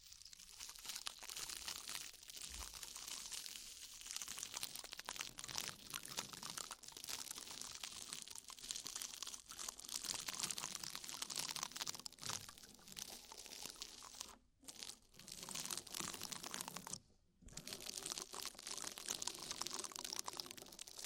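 Oily, foamy ear massage gives a dense, continuous crackling and crinkling hiss, bright and busy, with two brief silent gaps near 14 and 17 seconds.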